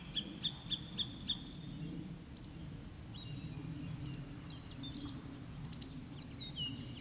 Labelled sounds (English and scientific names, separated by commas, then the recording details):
Eurasian Woodcock (Scolopax rusticola) whistle, Eurasian Woodcock (Scolopax rusticola) croak
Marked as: croak, whistle, whistle, croak, whistle, croak, whistle
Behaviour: display flight
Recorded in Baden-Württemberg, Germany, on 19 May 2021 at 19:34 UTC
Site 24608, 624 m above sea level